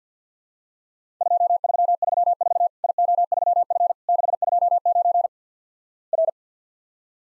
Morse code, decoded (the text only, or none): 2334 IO3F 629 R